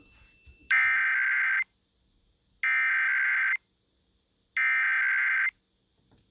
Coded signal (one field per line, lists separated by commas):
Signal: Emergency Alert System (SAME) tones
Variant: header bursts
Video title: The Tests have purged... EAS Tests from November 23rd 2022 (EAS #12-15)